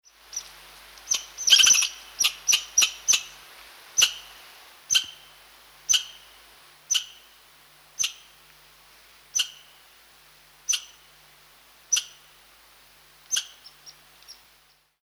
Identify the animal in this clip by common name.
Red Squirrel